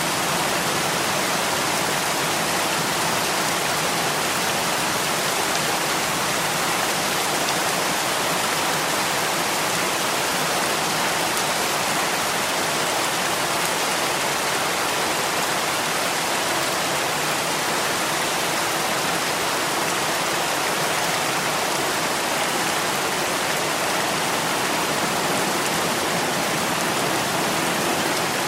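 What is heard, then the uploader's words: Light rain falls on a roof and windows as a steady, dense hiss with no pauses or swells. The sound is bright and airy, individual drops blurring into one continuous wash, with only a thin low rumble beneath. Light Rain. Listening to the gentle pitter-patter of raindrops on the roof and windows.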